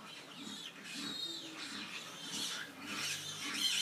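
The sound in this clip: Pigs squealing: repeated high, shrill squeals overlapping in a near-continuous chorus.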